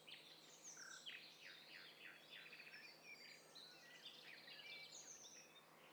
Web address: Hi Fi STEREO BIRD COCKTAIL PARTY Challenge